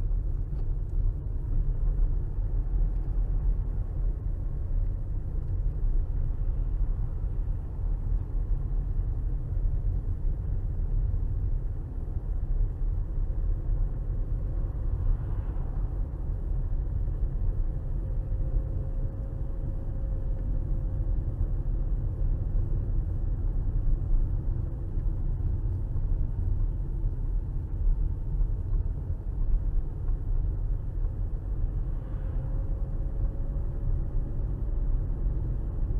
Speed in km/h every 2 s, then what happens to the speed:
29, 29, 31, 29, 29, 31, 31, 34, 34, 34, 34, 34, 32, 27, 29, 31, 35, 37.
0-23 steady at about 31. 23-27 slows to 27. 27-36 speeds up to 37.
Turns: none.